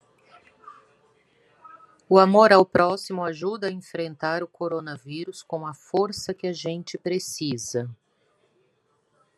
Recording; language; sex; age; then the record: spoken sentence; Brazilian Portuguese; female; 40 to 49 years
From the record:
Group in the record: control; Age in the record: 49 years